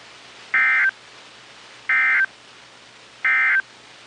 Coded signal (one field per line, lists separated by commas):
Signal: Emergency Alert System (SAME) tones